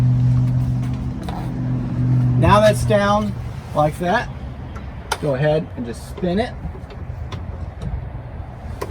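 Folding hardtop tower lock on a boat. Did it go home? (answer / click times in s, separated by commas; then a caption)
yes / 8.8 s. On a Regal boat, after the power hardtop tower is folded down, the locking knob or handle is spun while someone talks over a low steady hum. A short sharp click at 8.8 s marks the tower lock seating into its lockdown position.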